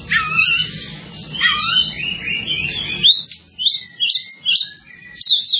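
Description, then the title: Java sparrow song, a run of high chirps and trilled notes with sharp rising whistles, a brief pause, then further bursts of bright twittering. "kicau gelatik"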